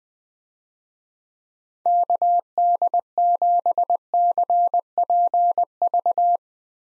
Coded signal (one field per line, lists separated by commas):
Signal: Morse code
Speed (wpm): 20 wpm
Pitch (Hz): 700 Hz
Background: none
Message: KD7CPV